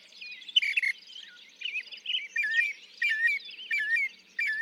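Northern mockingbird song: rapid run of varied whistled and chattering phrases, several repeated two or three times before switching to a new pattern.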